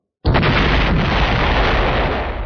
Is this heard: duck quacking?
no